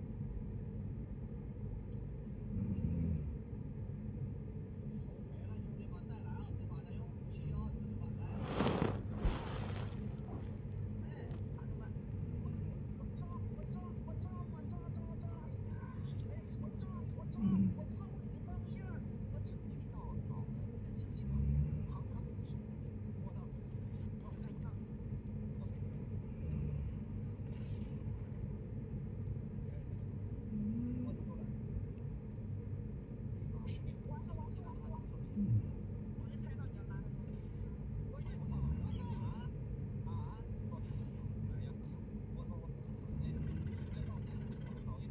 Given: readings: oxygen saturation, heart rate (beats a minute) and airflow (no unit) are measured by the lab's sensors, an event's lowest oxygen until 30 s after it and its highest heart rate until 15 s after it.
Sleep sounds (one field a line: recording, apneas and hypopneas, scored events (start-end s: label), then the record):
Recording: a person awake in a sleep study, by a smartphone at the bedside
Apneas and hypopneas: none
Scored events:
0.00-45.11 s: awake
0.00-45.11 s: awake
From the record:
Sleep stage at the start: awake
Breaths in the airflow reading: 14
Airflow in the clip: -0.6 to 0.7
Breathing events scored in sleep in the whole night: 496 in 5.4 hours asleep